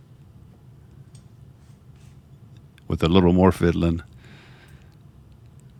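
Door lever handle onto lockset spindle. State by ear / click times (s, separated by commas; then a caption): not seated / none. Someone squeezes the two small spring buttons on the spindle of a Yale Assure Touchscreen Lock YRL226 door lever lockset and fiddles the metal lever handle onto the shaft. Faint small ticks are heard near 1.2 s and 2.8 s, and someone talks from about 2.9 to 4.0 s. The handle has not popped or locked into place yet.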